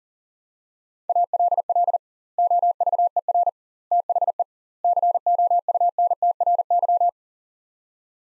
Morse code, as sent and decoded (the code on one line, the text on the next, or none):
.- .-.. .-.. / --- ...- . .-. / - .... . / -.-. --- ..- -. - .-. -.--
ALL OVER THE COUNTRY